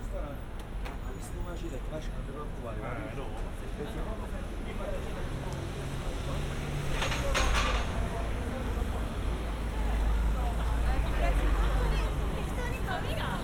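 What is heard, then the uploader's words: A busy West End street on a Saturday night: overlapping voices chatter continuously over a low rumble of passing traffic. Around seven to eight seconds a brief clattering burst cuts through, and the engine rumble swells again near the end. The sounds of a Saturday night in London's busy West End.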